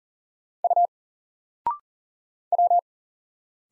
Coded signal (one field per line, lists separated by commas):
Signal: Morse code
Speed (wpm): 40 wpm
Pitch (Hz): 700 Hz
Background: none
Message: U W